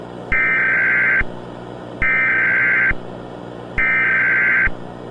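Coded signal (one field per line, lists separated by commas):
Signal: Emergency Alert System (SAME) tones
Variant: header bursts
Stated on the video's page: Fictional analog horror EAS scenario.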